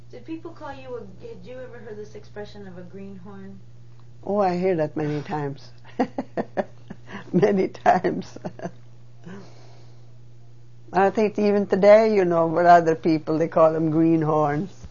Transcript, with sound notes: Did people call you, had you ever heard this expression of a greenhorn?
Oh, I heard that many times. (She laughs.) Many times. I think even today, you know, with other people, they call them greenhorns.